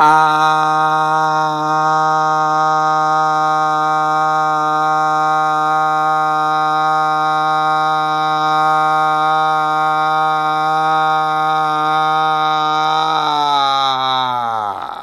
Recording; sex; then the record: sustained vowel /a/; male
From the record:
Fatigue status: no fatigue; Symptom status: asymptomatic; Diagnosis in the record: COVID-19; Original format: m4a